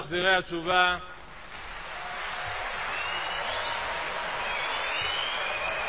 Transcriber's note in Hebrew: מחיאות כפים